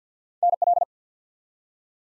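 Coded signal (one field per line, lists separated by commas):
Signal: Morse code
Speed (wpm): 51 wpm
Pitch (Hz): 700 Hz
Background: none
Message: NL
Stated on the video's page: Head-copy drill of ARRL Sections used in Field Day contest exchanges, sent at 50 wpm, spoken, then sent again.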